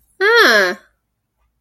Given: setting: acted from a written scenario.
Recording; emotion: vocal sound without words; realization